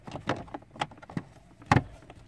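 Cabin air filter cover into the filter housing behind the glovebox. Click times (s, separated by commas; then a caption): 1.7 s. A cabin air filter cover is pushed into its slot in the filter housing behind the glovebox of a Toyota Tarago/Estima/Previa (ACR30). A few plastic knocks and rustles come at about 0.3 s and 0.8 s, then a sharp click at 1.7 s as the cover seats home.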